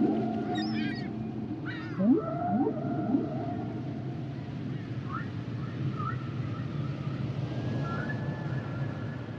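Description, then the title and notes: Humpback whale song with high chirpy sweeps at the start, a run of rising whoops around two seconds, then long sustained moaning tones over a constant low hiss. Humpback whale songs and sounds; males produce complex songs during the winter breeding season; the whales migrate to tropical or subtropical waters to breed and give birth. "the RainManCJ podcast, Sounds of The Humpback whale"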